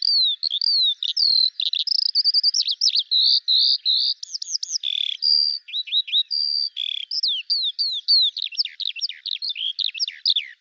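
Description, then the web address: Bird song, a varied, nonstop medley of sweeping whistles, steady notes and rapid twitters, all high-pitched. "Deverinetal 2025 File cleaned normalized Bird Al Ar"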